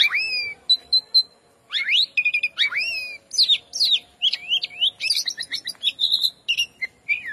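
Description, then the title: Oriental magpie-robin song with clear rising and falling whistled notes, repeated upslurred phrases and interspersed harsh chattering elements, continuous apart from a brief pause early on. "Kacer"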